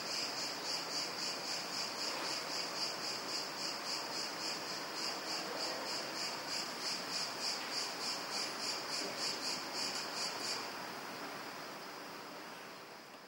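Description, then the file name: Cicada call: high, pulsing buzz with rapid regular throbs that runs steadily, then cuts off near the end, leaving only soft hiss. "cigarra"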